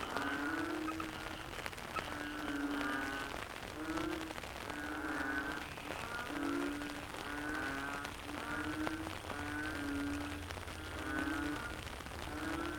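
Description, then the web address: Frog chorus with repeated low croaks and ragged rising mid-pitched calls over a steady low hum. Frog chorus soundscape recorded in the Cherating wetlands, Malaysia. "audio soundscape malaysia yamaha-frogs-cherating-wetlands"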